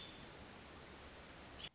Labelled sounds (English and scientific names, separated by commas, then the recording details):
American Robin (Turdus migratorius)
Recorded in Sonoma County, California